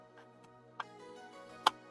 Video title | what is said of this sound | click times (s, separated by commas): LDO Box Turtle Automated Filament Changer Build Part 2 | all right that snapped right in | 1.7 s